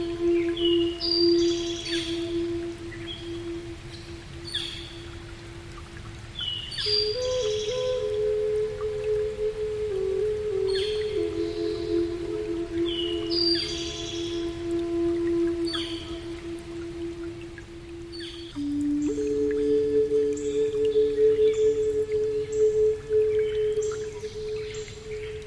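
A Native American flute plays long, steady held notes that shift pitch now and then, around 7, 10, 15 and 19 seconds. Birds chirp in short bright bursts above it throughout, over a soft, constant low rustle of forest sound.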